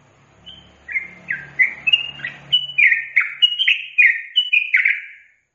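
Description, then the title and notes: Yellow-vented bulbul song: a quick run of short slurred notes, each dipping and rising, with a brief low hum beneath the first half. Master recording for training captive birds; song in the tembakan and ropel styles. "MASTERAN Trucukan Tembakan Dan Ropel. BURUNG TRUCUKAN"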